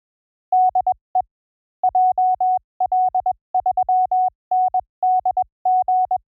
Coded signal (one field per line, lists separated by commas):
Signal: Morse code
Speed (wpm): 21 wpm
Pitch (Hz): 740 Hz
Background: none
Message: DE JL3NDG